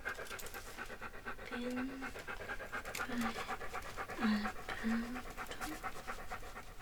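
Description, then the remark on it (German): A dog pants quickly and steadily while being walked through a town, a breathy rhythmic huffing that runs throughout, broken by four or five short, high whimpering whines. “Und machte sich mit dem Hund auf den Weg durch die Stadt.”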